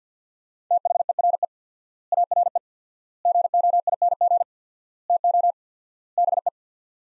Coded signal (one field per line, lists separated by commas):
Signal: Morse code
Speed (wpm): 50 wpm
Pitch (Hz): 700 Hz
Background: none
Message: THERE ARE GOING TO BE